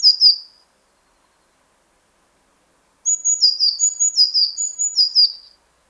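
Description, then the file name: Eurasian blue tit calls: a short buzzy fragment, silence, then a string of high thin notes each followed by a buzzy downslur, repeated rapidly. "Cyanistes caeruleus"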